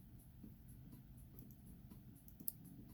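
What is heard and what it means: The screw-down crown of an automatic watch is unscrewed off the threads of its case tube, with a low background rumble. Small, faint clicks sound at 1.4, 1.5, 2.3 and 2.4 seconds, followed by a sharper, louder click at 2.5 seconds. The crown clicks free of its threads and is released, ready for winding.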